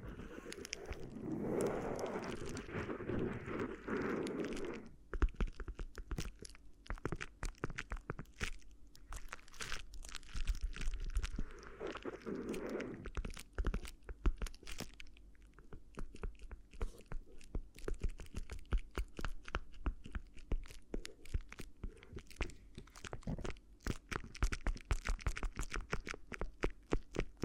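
Crinkly crackling against the ear, made of dense, rapid, bright crunches and snaps throughout. Fuller rustling swells come around the start, near 1–5 seconds and again near 12 seconds, while the rest is a busy scatter of sharp crinkles over a low, steady rumble.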